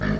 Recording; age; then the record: pig call; growing-finishing pig (85 days or more)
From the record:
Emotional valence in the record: negative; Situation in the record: barren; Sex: male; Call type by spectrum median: low-frequency call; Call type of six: low-frequency stable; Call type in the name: low-frequency stable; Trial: 2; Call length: 0.20 s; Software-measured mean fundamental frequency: 52 Hz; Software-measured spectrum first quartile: 171 Hz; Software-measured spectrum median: 367 Hz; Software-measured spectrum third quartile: 1193 Hz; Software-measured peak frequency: 150 Hz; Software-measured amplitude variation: 144 dB a second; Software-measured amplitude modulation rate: 37.4 a second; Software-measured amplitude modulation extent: 3.9 dB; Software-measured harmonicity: 2.3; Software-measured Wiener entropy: -1.74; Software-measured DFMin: 901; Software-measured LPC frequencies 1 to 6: 1749, 3187, 4541, 5463, 6432, 7935 Hz